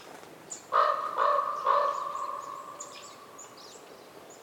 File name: WINTER Forest day raven calls reverberating and other birds chirps with some wind, North Laurentian Woods, Canada